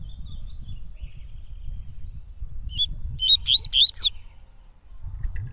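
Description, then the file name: Yellow-bellied Seedeater song: a short series of high, rising whistled notes over steady low rumbling noise. Singing a lot; tui-tui song style. "Coleiro Baiano Cantando Muito Canto Tui Tui"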